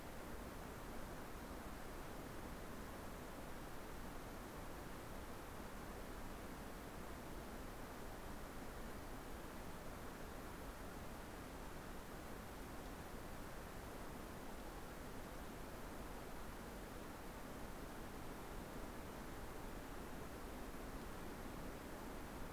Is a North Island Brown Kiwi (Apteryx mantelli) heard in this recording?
no